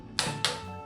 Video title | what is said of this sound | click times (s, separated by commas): How To CHANGE Your Motorcycle Tire | two clicks that's 19. i'll do the inner one | 0.2 s, 0.5 s